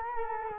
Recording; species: mosquito wingbeat signal from an infrared sensor; Culex quinquefasciatus